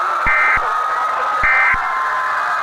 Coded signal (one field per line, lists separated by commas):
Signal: Emergency Alert System (SAME) tones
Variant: end-of-message bursts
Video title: gifted - EAS scenario